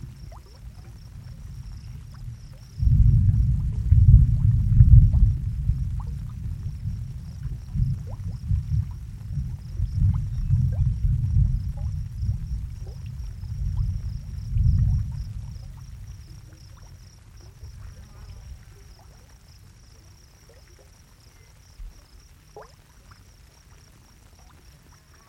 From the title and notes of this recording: Gently bubbling hot pool with thunder. A bubbling geothermal pool in the middle of a sagebrush desert surrounded by crickets. The crickets are a classic evening sound, everything is still and peaceful and no one else around to interrupt.